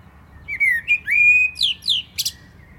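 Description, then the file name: Common blackbird singing a sweet, flowing whistled warble that ends in a few thin, high squeaky notes. "Turdus merula"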